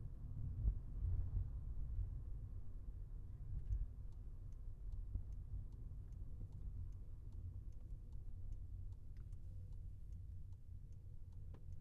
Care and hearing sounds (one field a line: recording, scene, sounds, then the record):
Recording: everyday scene through a hearing-aid microphone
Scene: in a vehicle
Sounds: engine, highway traffic jam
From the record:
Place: Skoda Fabia, gasoline engine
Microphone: behind the ear, left, front